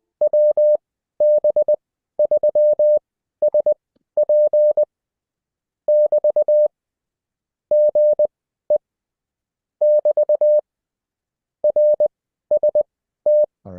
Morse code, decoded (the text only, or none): WB3SP <BT> GE <BT> RST